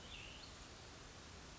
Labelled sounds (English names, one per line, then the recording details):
Cassin's Vireo
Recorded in Sonoma County, California